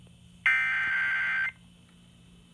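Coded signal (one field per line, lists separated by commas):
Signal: Emergency Alert System (SAME) tones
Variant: header bursts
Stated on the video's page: Severe thunderstorm warning EAS alert received on FM radio.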